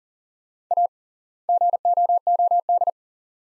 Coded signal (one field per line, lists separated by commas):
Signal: Morse code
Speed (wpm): 40 wpm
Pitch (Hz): 700 Hz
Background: none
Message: A GOOD